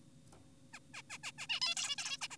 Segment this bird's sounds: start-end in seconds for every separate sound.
0.74-0.79, 0.94-1.02, 1.10-1.18, 1.24-1.32, 1.38-1.47, 1.50-1.60, 1.62-1.75, 1.77-1.96, 1.98-2.18, 2.22-2.28, 2.31-2.37